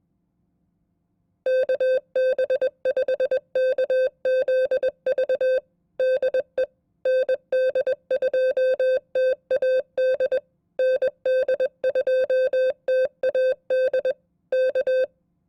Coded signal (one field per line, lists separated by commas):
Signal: Morse code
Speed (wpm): 21 wpm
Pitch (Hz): 520 Hz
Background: none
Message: KB5KZV DE ND2TAD ND2TAD K